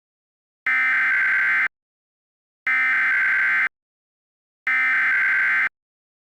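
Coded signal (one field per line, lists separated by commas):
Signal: Emergency Alert System (SAME) tones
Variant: header bursts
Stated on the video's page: Fictional EAS scenario recreation.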